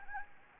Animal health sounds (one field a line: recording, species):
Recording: mosquito wingbeat signal from an infrared sensor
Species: Anopheles gambiae